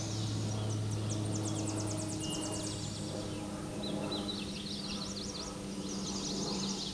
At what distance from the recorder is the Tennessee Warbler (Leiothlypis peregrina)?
about 45 m